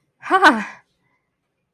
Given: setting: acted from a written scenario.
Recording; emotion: vocal sound without words; pride